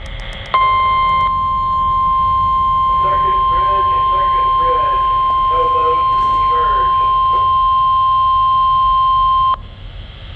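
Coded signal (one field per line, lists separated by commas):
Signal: Emergency Alert System (SAME) tones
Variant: 1050 Hz attention tone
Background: speech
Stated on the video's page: NWS Ruskin weekly test received on weather radio, afternoon broadcast, with a chicken sound.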